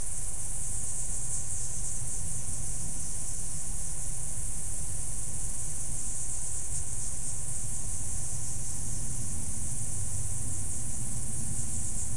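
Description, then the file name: Insects in a continuous high-pitched chorus, a steady shimmering hiss that holds unbroken throughout, over a constant low rumble. "mainly insect"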